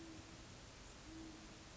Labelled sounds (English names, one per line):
Great Horned Owl